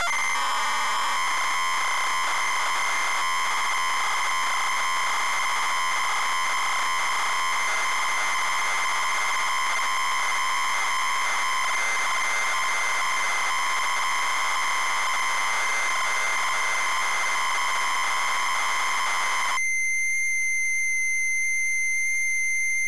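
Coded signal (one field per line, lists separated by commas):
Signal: ZX Spectrum tape loading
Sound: harsh buzzing data screech with rhythmic stutters, then a steady high-pitched tone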